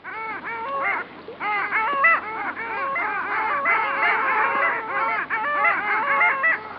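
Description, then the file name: Long-tailed duck chorus of loud, nasal, wavering calls, many birds overlapping in bursts separated by brief lulls. "Digiffects Sound Effects Library - Long Tailed Duck"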